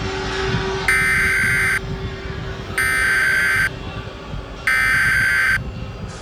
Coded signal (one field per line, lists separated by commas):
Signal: Emergency Alert System (SAME) tones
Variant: header bursts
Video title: (150 Subs!) | I Am Waiting For This To Be Real | Tabi Reacts To The Awakening, A Zombie EAS Scenario